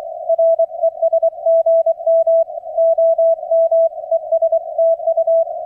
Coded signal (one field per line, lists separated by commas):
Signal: Morse code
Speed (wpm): 24 wpm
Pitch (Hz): 660 Hz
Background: none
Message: RES GM OM ES TU